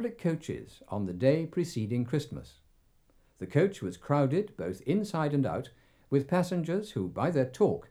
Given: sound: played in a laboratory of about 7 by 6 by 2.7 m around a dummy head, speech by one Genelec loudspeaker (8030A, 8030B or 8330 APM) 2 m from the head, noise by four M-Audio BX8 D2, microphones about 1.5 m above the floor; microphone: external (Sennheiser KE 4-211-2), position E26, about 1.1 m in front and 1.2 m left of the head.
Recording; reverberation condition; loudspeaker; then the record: male speech in English; low; 60 degrees to the left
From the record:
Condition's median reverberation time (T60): about 310 ms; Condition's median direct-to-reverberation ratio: about 3.5 dB